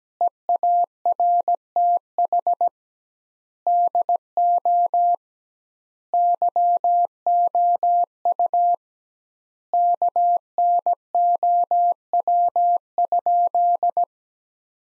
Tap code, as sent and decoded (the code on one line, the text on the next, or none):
none